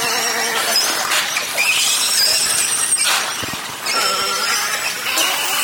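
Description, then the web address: Beluga whale calls: dense clicking mixed with thin rising whistles and chirps, busy from start to finish. "valaat beluga"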